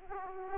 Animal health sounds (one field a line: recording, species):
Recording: mosquito wingbeat signal from an infrared sensor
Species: Aedes aegypti